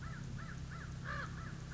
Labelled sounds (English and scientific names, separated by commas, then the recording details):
American Crow (Corvus brachyrhynchos)
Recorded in Sonoma County, California